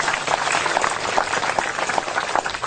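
An audience applauds steadily for Mas Dik, a dense crackle of many hands clapping at once that holds an even, moderate loudness throughout with no voices over it.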